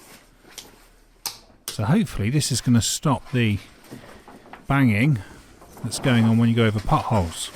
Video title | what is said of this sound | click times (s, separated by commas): Replacing 2007 Renault Laguna 2 II Rear OFFSIDE Bush 🚗 Don't over tighten like I did !!! they snap. | second click, and then finally the third one. | 1.3 s, 1.7 s